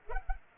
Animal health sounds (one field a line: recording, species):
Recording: mosquito wingbeat signal from an infrared sensor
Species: Culex pipiens